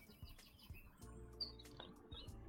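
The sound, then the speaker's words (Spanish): Faint, high chirps and brief tweets from small birds scattered over a low, steady background hum, with one sharper chirp standing out briefly. “Y la serenata de pajaritos. Ahora que no está sí, el choque, hasta los pajaritos cantan.”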